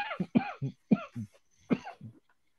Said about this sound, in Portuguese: Desculpa, gente. Parou a tosse